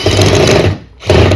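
A drill set to speed 1 drives a Weehaw Phillips driver bit into a wood screw head, with a steady motor whir that fades to near silence around 0.8 to 1.0 s. The whir then starts again with a sudden burst at 1.1 s as the bit slips out of the screw head. The bit cams out and strips the screw head.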